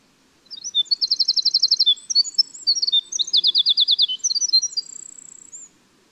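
Winter wren singing a hurried, high cascade of twittering notes broken by two rapid machine-gun trills, closing on a thin sustained high note.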